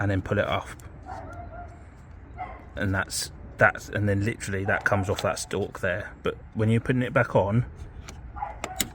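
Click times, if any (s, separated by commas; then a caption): 8.8 s. Someone talks while an unclipped electrical connector is refitted onto the steering column stalk switch of a Fiat 500. A few faint ticks lead into a sharp click at 8.8 s as the connector seats onto the stalk.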